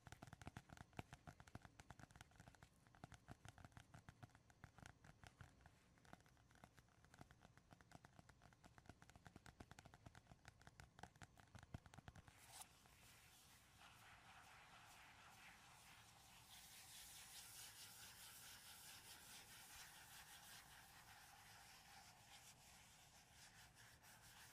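Dense, fast tapping on wood and cork fills the first twelve seconds, then gives way to a steady, hissing scratching on cardboard until the end.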